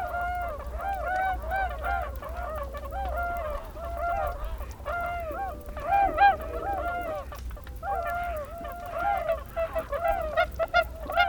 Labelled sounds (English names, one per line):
Tundra Swan call